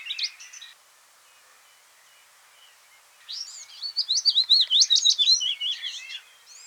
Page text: Willow Warbler Song. Quick Sounds